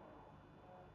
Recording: background sound without coughing